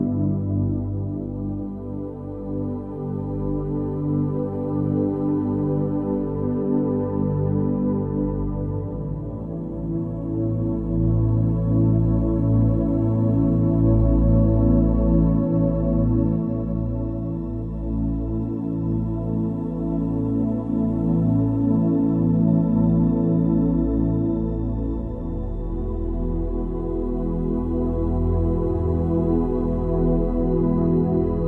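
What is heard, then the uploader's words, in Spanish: A sustained tonal drone built around 888 Hz and 396 Hz, layered with many steady tones that sit mostly in a warm, heavy low range. Loudness swells gently, peaking near fifteen and twenty-three seconds, with no distinct events or breaks. Frecuencias 888 Hz + 396 Hz.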